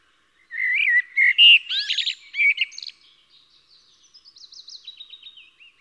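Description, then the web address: Common blackbird singing a mellow warbled phrase of fluty notes, followed by a long faint, high, rapidly repeated squeaky twitter trailing away. "SETE data Turdus merula"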